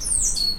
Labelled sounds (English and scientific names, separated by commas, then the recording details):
Stitchbird (Notiomystis cincta) song
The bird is a male
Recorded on Tiritiri Matangi Island, New Zealand, in 2005
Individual 2, of nest box 2